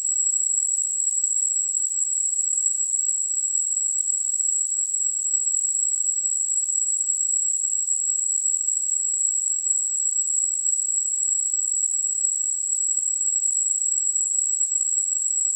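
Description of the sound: A steady, very high-pitched ringing tone with a thin hiss around it holds unchanged for about 16 seconds. This is a simulation of tinnitus, the phantom ringing a person hears in the ears with no outside sound present.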